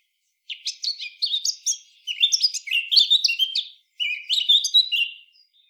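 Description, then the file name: Eurasian blackcap warbling in three quick bursts of jumbled chirps and slurred whistles, with brief breaks between them. "Sylvia atricapilla"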